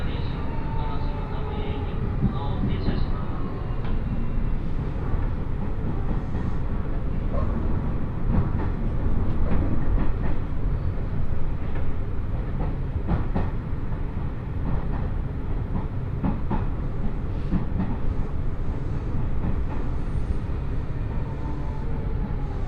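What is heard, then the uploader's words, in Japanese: A train ride on the Osaka Monorail toward Osaka Airport: a steady, dense low rumble fills the whole clip at an even level. Faint clicks and knocks come through irregularly, and a brief thin whine rises near the start and again near the end. 鉄道旅 大物→梅田→蛍池→大阪空港。蛍池で大阪モノレールに乗り換えて１駅先の大阪空港へと向かいます。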